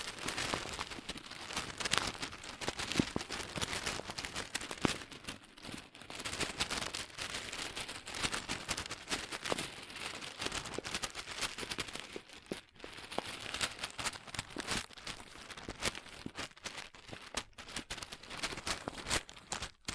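Crunchy slime being squeezed and pressed produces a dense, continuous stream of crisp crackles and pops, close to the microphone. The clicking runs fast and irregular for the whole stretch, with brief softer dips near five and twelve seconds before the crunching resumes.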